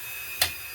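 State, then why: Not seated. An AK selector lever is moved toward a freshly cut notch in the steel receiver to test the detent. A single brief tick is heard at 0.4 s over a faint steady background, but the lever has not clicked into the detent yet, so the notch needs more cutting.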